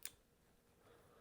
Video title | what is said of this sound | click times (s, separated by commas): Vivo X300 Ultra Photography Kit & Video Rig Unboxing! | once you hear that click, it's locked into place, and then you have yourself this very | 0.1 s